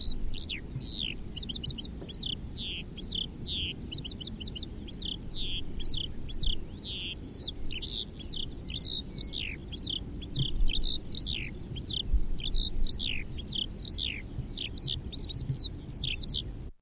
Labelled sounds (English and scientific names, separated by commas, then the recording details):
Eurasian Skylark (Alauda arvensis) flight song
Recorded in the wild
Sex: male
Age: adult
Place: Bamberg, Bayern, DE
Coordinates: 49.925, 10.8614
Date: 1963-07-01
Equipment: Nagra, Neumann KM 54 a, Parabolspiegel Grampian, Original, Vollspur
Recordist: Tretzel, Erwin
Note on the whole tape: Männchen: Gesangsabschnitt (Luftaufnahme), Motiventwicklung und Motivsuche (Maindamm bei Hallstadt/Bamberg), Juli 1963